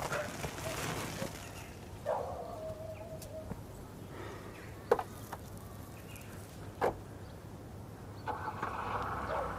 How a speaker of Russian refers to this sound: Раннее утро. Машина едет по дороге.